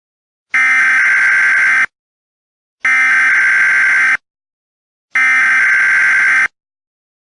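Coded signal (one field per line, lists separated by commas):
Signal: Emergency Alert System (SAME) tones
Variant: header bursts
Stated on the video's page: Mock EAS scenario.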